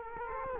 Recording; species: mosquito wingbeat signal from an infrared sensor; Culex quinquefasciatus